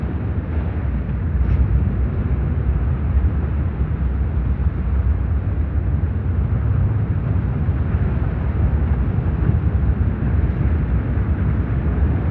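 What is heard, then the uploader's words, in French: Brown noise, a deep continuous rumble like being inside an avalanche. The low roar stays dense and steady for the whole stretch, with no high sounds above it. Its level holds nearly constant, shifting only in slight churning ripples. Dans une avalanche - bruit brun.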